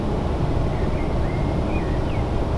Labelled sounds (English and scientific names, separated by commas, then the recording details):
Common Blackbird (Turdus merula)
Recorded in Germany
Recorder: ecoPi